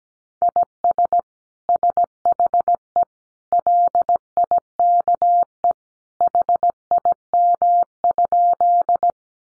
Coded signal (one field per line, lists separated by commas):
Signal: Morse code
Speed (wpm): 17 wpm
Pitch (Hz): 700 Hz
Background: none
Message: IS SHE LIKE HIM?